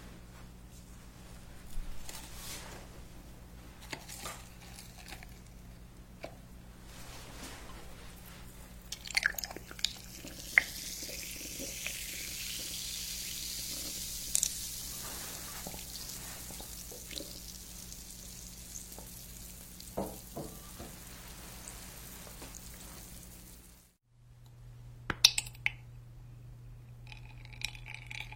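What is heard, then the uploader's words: Quiet handling sounds from a kitchen: scattered soft taps, clicks and scrapes over a low steady hum. From about nine to twenty-four seconds a bright hiss like sizzling or pouring runs underneath. Near twenty-four seconds it briefly cuts to near silence, then the hum returns louder with a few more clicks. 5D ear picking massage, make matcha milk almond cookies hazelnut cake.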